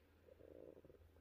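A brief low gurgling rumble lasting about a second, swelling in the middle and tapering off, over a steady low hum. It is ordinary stomach growling (borborygmi) from an adult woman, the sound of gas and fluid moving through the gut, a normal digestive noise.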